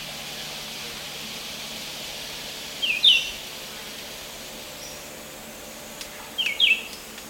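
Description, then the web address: Red-eyed vireo giving two brief, high, slurred phrases several seconds apart over a faint steady hiss. South America, Eastern Lowlands. "Natures Songs S America Eastern Lowlands. Red-eyed Vireo"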